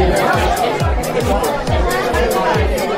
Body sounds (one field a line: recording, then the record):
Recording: background sound without coughing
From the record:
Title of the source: Nightlife Party Simulating Party Club Noise 1 Hour